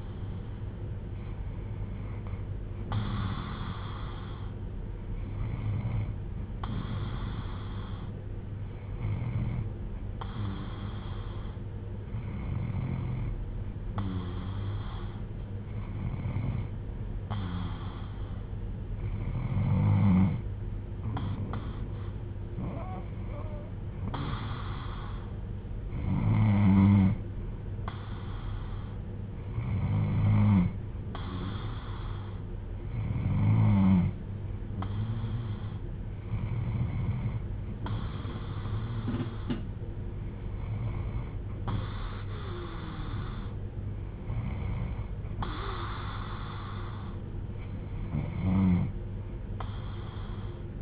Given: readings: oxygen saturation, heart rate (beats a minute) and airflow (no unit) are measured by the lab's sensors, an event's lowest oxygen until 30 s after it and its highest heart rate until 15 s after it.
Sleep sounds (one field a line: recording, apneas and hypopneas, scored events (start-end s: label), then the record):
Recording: breathing in sleep by a smartphone at the bedside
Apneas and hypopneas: none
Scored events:
none scored
From the record:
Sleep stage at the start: N2 (light sleep)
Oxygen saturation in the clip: 92 to 94%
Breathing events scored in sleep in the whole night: 310 in 8.1 hours asleep